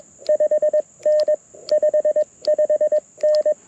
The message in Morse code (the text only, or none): 5N 55N